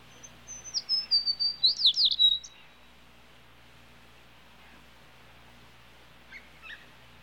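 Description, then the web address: Sparrow calls: a thin, high whistle drops into a fast burst of twittering, slurred notes in the first three seconds. Faint scattered chirps follow later, otherwise quiet. "bird sparrow sparrow calls animal"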